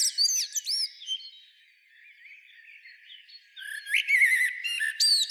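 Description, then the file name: Common blackbird song: looping whistled notes and high chatter, a faint pause, then a fresh phrase of mellow notes and thin squeaks. "Turdus merula"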